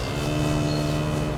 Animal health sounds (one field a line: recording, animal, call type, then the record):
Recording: contact call of a hoofed animal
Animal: cattle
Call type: low-frequency (closed-mouth) or high-frequency (open-mouth) call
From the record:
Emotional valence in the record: negative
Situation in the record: physical separation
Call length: 1.38 s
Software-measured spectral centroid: 2920 Hz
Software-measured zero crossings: 1980 a second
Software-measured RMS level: -24 dBFS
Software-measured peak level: -10 dBFS